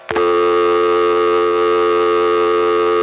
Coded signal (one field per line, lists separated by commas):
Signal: telephone call progress tone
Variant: North America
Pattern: dial tone